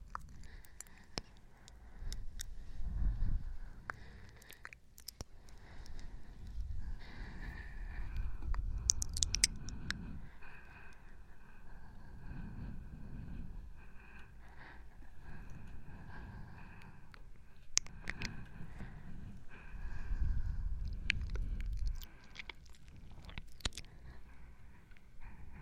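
Breathing, slow and heavy, comes as low rushing swells every few seconds, loudest around 3, 9, 13 and 21 seconds. Sharp clicks and brief crackles break in throughout, and a faint steady hum runs underneath.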